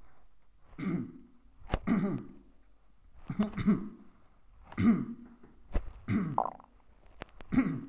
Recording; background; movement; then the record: throat clearing; quiet; sitting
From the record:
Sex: male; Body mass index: 22.0 kg/m2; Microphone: on the chest, facing the body